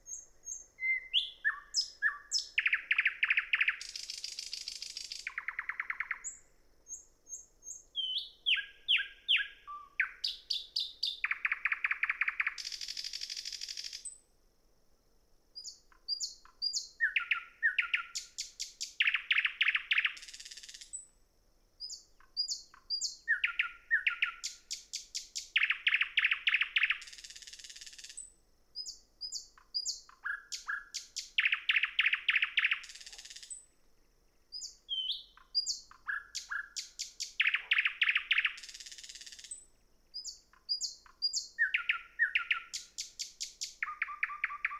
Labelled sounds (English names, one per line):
Thrush Nightingale song